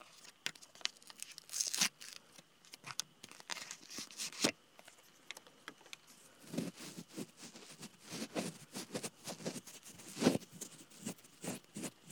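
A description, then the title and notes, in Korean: Ear cleaning at a shop: dry crinkling, scratching and tapping clicks come in irregular bursts, sparse for the first six seconds, then denser and busier to the end, with a sharp peak near ten seconds. A faint, steady high insect chirr runs underneath. 풀벌레 소리가 들리는 귀청소 샵 롤플레이 ASMR.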